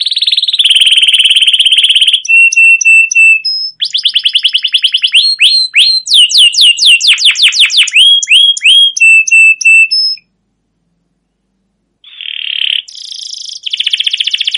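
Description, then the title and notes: Canary singing varied tours: buzzy rolls, short piping notes, rapid downslurred trills, then a brief silence before a renewed buzzy roll. Domestic canary singing a long continuous rolling song (ngerol, gacor panjang), used as a lure to train other canaries. "CUIT CUIT NGEROL LANGSUNG GACOR PANJANG Kenari Ini AMPUH Utk Pancingan KENARI PAUD BELAJAR BUNYI. burung kenari"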